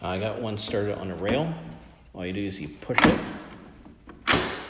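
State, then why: Seated. A 60 V Toro battery pack, already started on its rail, is pushed into the battery bay of a Toro 60V Power Max e26 HA electric two-stage snow blower while someone talks. A sliding scrape and a couple of small knocks come first, then a loud, sharp snap at 4.3 s as the pack latches onto the connectors and seats.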